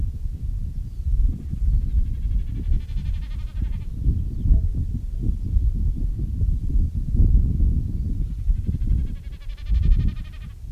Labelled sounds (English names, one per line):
Common Snipe